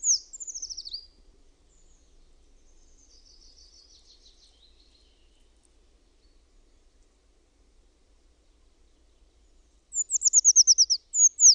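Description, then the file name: Eurasian treecreeper singing a high, thin descending trill, then a fainter trill, before the bright falling phrase returns near the end. "PUUKIIPIJA"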